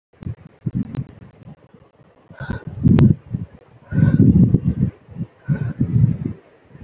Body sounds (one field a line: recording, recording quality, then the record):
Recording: deep breathing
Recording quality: moderate, slight background noise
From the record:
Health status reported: healthy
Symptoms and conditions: none ticked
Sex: male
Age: 39 years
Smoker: not ticked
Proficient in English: yes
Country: India